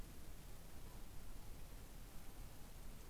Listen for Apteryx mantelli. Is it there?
no